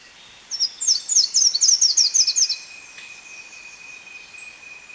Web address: Natures Songs S America Birds of Ecuador Slate-throated Whitestart